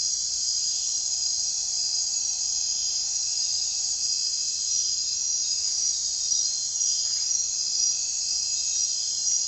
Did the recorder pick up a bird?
no